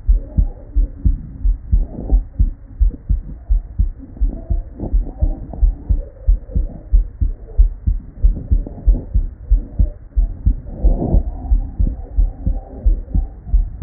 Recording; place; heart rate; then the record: heart sounds by stethoscope; Erb's point; 92 bpm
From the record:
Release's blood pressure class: elevated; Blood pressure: 121/79 mmHg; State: at rest